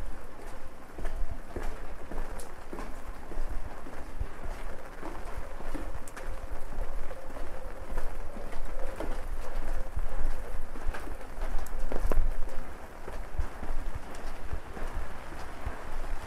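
Rain patters steadily on an umbrella over a dense, constant city hum at night, with scattered sharp taps and brief louder bursts throughout.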